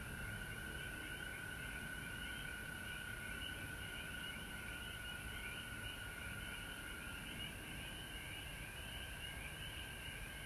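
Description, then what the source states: Frogs trilling together in a steady chorus, with a soft low rumble in the background. Frogs recorded at home in Georgia on March 19, 2020.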